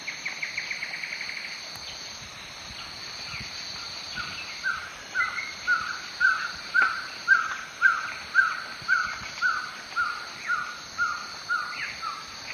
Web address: Natures Songs S America Eastern Lowlands Trogon violaceus, song